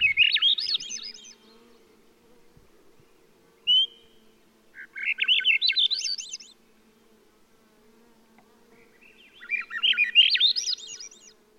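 Swainson's Thrush singing three upward-spiraling flutey phrases, with a short clear whistled note between the first two and a faint low hum throughout.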